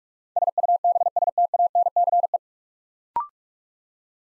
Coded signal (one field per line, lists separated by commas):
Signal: Morse code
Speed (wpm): 44 wpm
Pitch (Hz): 700 Hz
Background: none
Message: SUBSTANCE